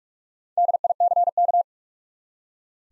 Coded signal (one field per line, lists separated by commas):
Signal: Morse code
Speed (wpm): 42 wpm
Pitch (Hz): 700 Hz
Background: none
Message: DICK